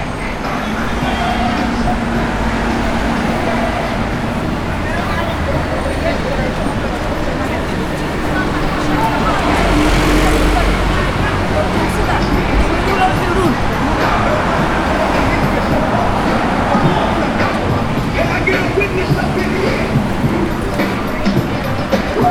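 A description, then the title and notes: A short walk through Brixton, with a steady, dense wash of street sound throughout. Voices chatter in the mix while traffic rumbles low underneath, swelling briefly louder around the ten-second mark before settling back to an even, busy level. From the green wall, we take a short walk through Brixton.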